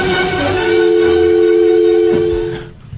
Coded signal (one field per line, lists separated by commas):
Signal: telephone call progress tone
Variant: North America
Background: music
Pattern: dial tone